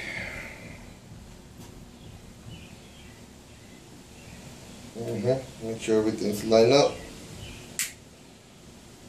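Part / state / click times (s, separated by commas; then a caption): top cap onto rebuildable dripper atomizer / seated / 7.8 s. After everything is lined up, a metal top cap is dropped onto a rebuildable vaping dripper atomizer (or fitted to a mechanical mod) while someone talks. It seats with a sharp metallic click at 7.8 s.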